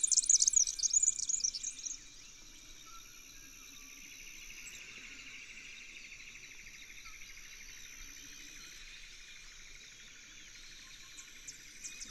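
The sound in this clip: Red-backed fairywren song: a brief high, buzzy reeling trill in the first two seconds, then only a soft, steady buzzing background.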